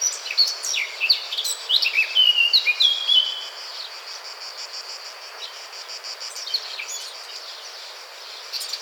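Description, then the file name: Eurasian blackcap song: a burst of chattering and bright whistled notes in the first three seconds, followed by faint, quiet twittering and hiss. "Sylvia atricapilla"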